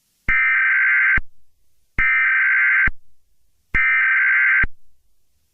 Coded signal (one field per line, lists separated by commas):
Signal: Emergency Alert System (SAME) tones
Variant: header bursts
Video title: EAS Scenario | Smile Dog (#93)